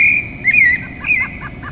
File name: clay-colored robin bird song